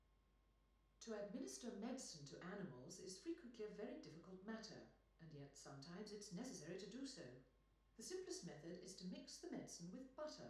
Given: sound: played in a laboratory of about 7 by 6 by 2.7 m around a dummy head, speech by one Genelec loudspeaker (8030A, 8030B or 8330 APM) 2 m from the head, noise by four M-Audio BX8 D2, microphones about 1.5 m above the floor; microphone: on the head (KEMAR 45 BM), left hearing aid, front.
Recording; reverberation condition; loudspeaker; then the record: female speech in English; medium; behind (180 degrees)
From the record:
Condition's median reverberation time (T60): about 510 ms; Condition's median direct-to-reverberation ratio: about -0.5 dB